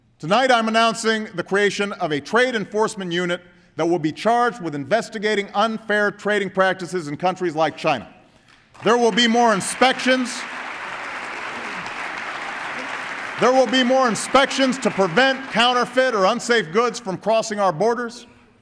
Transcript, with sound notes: Tonight, I’m announcing the creation of a Trade Enforcement Unit that will be charged with investigating unfair trading practices in countries like China. (Applause.) There will be more inspections to prevent counterfeit or unsafe goods from crossing our borders.